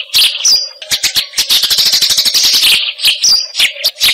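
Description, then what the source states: Eurasian tree sparrow song of quick sharp chirps that build into a dense chattering run, then break into separate notes, with a low steady hum. Masteran recording, used as a training song for fighting sparrows (gereja tarung).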